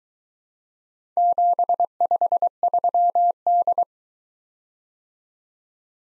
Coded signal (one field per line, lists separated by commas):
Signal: Morse code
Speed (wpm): 22 wpm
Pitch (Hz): 700 Hz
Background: none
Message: 753D